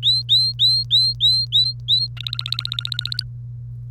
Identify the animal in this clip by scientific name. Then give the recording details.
Serinus canaria. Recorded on 1 May 2018 at 05:46. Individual llb3